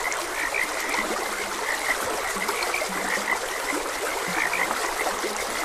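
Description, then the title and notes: Frogs calling, with clusters of bright chirps and several low grunting croaks, against a continuous stream. Frogs croaking beside a gentle stream. "Gentle Stream and Frogs Croaking. Sleep and Relaxation Podcast"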